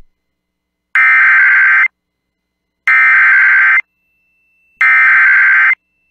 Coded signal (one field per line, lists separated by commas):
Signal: Emergency Alert System (SAME) tones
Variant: header bursts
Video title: EAS Timeline Montana, North Dakota and South Dakota Severe Weather Outbreak NOAA Weather Radio